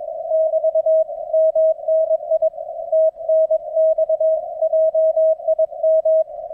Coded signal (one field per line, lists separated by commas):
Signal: Morse code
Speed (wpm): 22 wpm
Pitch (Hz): 640 Hz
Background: none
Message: <BT> MNI TNX JIM